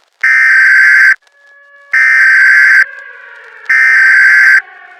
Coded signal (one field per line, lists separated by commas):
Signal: Emergency Alert System (SAME) tones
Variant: header bursts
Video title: EAS SCENARIO: Thursday's Incident